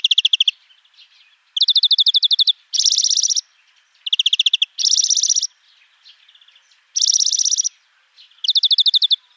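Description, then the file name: European greenfinch uttering a string of fast trills at two pitches, higher bright rolls mixed with lower ones, each lasting under a second. "Chloris chloris"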